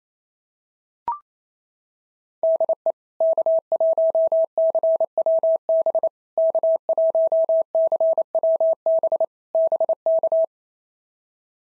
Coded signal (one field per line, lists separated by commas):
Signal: Morse code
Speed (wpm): 28 wpm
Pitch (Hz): 650 Hz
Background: none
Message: DE K1CWB K1CWB BK